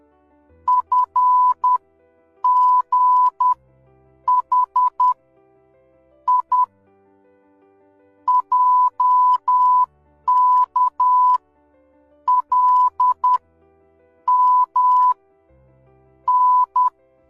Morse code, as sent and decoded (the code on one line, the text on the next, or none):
..-. --. .... / .. / .--- -.- / .-.. / -- / -.
FGH I JK L M N